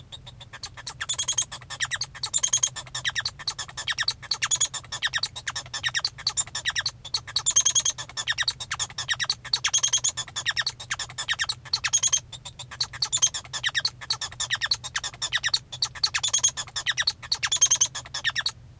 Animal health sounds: song of a male Bengalese finch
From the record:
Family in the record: son of father 1

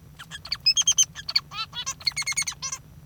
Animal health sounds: song of a male Bengalese finch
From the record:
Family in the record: father 3

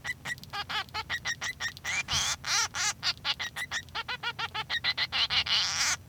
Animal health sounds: song of a male Bengalese finch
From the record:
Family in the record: son of father 3

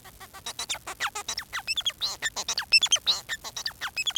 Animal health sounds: song of a male Bengalese finch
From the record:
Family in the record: son of father 4

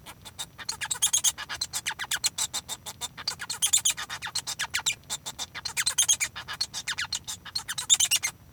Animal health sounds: song of a male Bengalese finch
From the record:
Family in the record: son of father 1

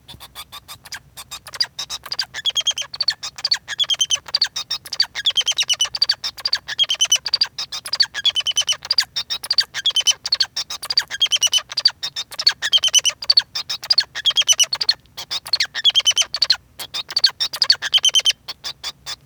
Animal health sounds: song of a male Bengalese finch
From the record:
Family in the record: son of father 2

